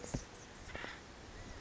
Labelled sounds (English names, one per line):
Acorn Woodpecker